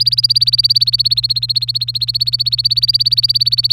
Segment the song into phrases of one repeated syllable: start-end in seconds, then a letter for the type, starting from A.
0.00-3.73 A